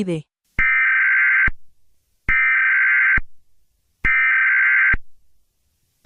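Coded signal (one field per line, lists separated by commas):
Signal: Emergency Alert System (SAME) tones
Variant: header bursts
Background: speech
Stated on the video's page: Fictional EAS scenario based on a novel, a simulated alert.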